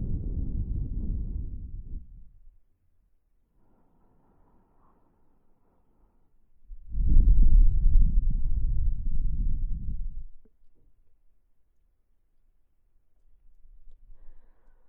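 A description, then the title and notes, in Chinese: Wind blows past the ear in low, rumbling gusts. One gust fills the first two seconds and fades, a stronger one surges from about seven to ten seconds, and a softer stir returns near the end, with near silence between. 有风吹过你的耳边。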